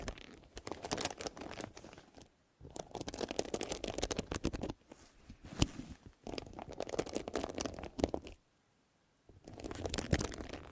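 Deep ear crinkles and scratchy massage sounds come in dense bursts of crackly rustling, each lasting about two seconds, with short silent gaps between them near 2.5, 4.7, 6, 8.5 and 9.3 seconds. Sharper clicks stand out now and then within the crinkling.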